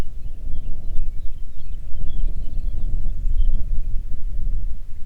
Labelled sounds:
songbird
grouse or ptarmigan
wind
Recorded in the Arctic National Wildlife Refuge, Alaska, on 3 June 2019 at 04:38
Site 37

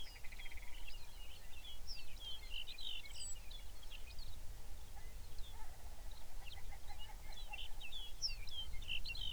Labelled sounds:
songbird
grouse or ptarmigan
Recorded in the Arctic National Wildlife Refuge, Alaska, on 23 May 2019 at 05:01
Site 49

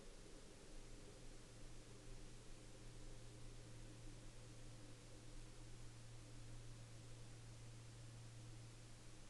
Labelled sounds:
aircraft
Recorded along the Dempster Highway, Canada, on 18 November 2019 at 14:44
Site 21

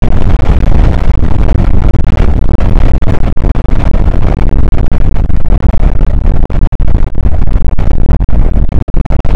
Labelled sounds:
wind
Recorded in the Prudhoe Bay oil fields, Alaska, on 8 May 2019 at 00:03
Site 24

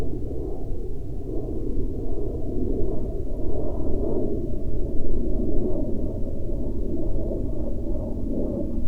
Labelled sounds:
aircraft
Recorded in the Prudhoe Bay oil fields, Alaska, on 21 July 2021 at 08:18
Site 14

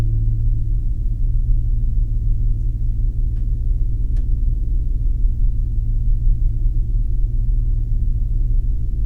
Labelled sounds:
aircraft
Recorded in the Arctic National Wildlife Refuge, Alaska, on 3 September 2019 at 20:09
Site 48

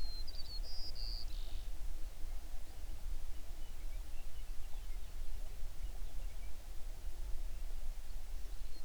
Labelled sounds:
songbird
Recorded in the Prudhoe Bay oil fields, Alaska, on 11 June 2019 at 05:20
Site 21

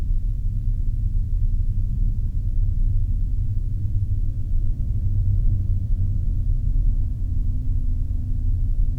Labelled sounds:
aircraft
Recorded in the Arctic National Wildlife Refuge, Alaska, on 3 September 2019 at 14:44
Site 42

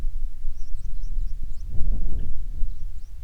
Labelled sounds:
songbird
wind
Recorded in the Prudhoe Bay oil fields, Alaska, on 10 July 2019 at 09:40
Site 11

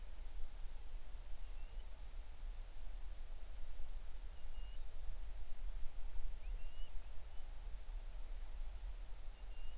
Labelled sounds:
bird
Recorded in the Arctic National Wildlife Refuge, Alaska, on 20 July 2019 at 02:40
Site 38

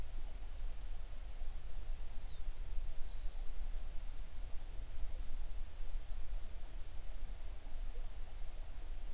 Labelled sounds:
songbird
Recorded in the Prudhoe Bay oil fields, Alaska, on 11 June 2019 at 05:42
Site 21

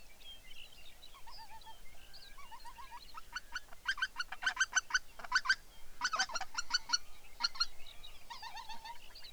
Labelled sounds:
songbird
waterfowl
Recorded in the Arctic National Wildlife Refuge, Alaska, on 23 May 2019 at 06:13
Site 49

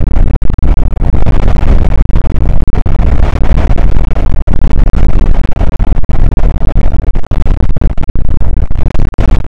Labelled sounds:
wind
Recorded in the Prudhoe Bay oil fields, Alaska, on 8 May 2019 at 00:02
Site 24

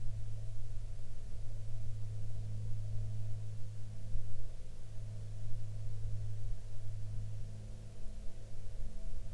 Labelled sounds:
aircraft
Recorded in the Prudhoe Bay oil fields, Alaska, on 15 June 2019 at 14:10
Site 16

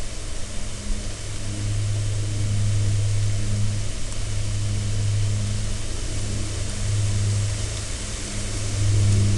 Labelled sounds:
rain
aircraft
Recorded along the Dalton Highway, Alaska, on 17 September 2019 at 17:20
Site 01

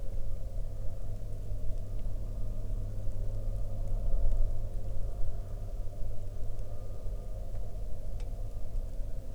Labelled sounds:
truck
machinery
rain
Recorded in the Prudhoe Bay oil fields, Alaska, on 8 August 2019 at 08:12
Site 13

